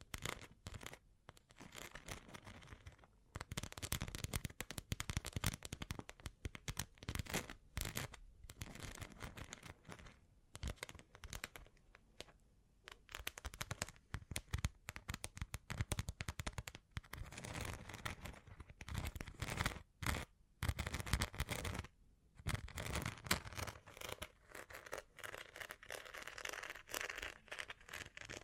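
Bling bling triggers: a dense run of rapid, crisp clicks and rustling crackles, like cards being shuffled or small trinkets rattled. The sound comes in bright bursts with brief pauses near 3, 20 and 21 seconds, then resumes at a similar busy pace.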